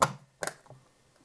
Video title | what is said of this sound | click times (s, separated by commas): Topdon Artidiag 800BT / 800BT2 Battery Replacement - Step By Step - EASY! | if you get it right, it'll just snap in place like that. | 0.0 s